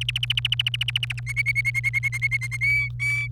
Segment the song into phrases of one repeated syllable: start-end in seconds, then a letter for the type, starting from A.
0.01-1.20 A, 1.26-2.57 B, 2.61-3.27 C